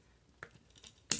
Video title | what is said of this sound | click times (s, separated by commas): Transformers Legacy: Galvatron review | fold them until you hear a click | 1.1 s